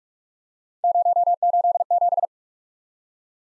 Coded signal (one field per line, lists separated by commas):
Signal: Morse code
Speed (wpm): 47 wpm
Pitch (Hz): 700 Hz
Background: none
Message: 087